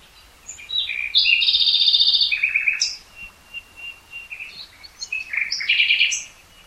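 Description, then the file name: Common nightingale song: a few short notes, a long rattling trill, then varied chuckling and whistled notes. "Luscinia megarhynchos"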